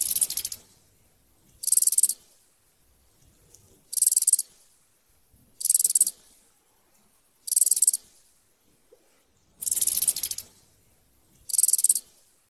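Locust rasping in several brief, high, hissy bursts against a quiet background.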